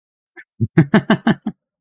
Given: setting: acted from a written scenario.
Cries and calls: vocal sound without words; amusement

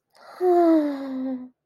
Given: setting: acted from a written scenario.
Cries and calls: vocal sound without words; romantic love

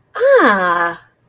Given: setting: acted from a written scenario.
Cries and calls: vocal sound without words; realization

